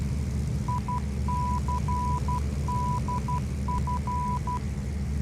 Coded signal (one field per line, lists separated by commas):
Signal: Morse code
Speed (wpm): 12 wpm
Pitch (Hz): 990 Hz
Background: none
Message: ICDF